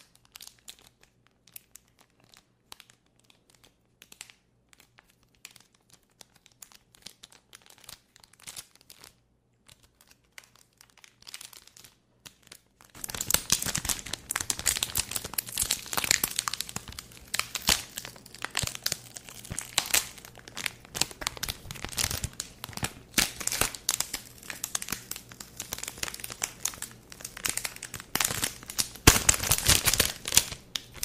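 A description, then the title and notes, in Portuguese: Someone tries sweets and snacks: faint crackles at first, then loud, dense wrapper crinkling and tearing from about thirteen seconds. ASMR provando doces e comidinhas que comprei na Liberdade em São Paulo.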